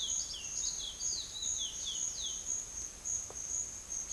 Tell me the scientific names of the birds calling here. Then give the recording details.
Sporophila angolensis. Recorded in pastures near Puerto Asís, Putumayo, Colombia, on 27 June 2025 at 12:00. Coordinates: 0.502, -76.324. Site G010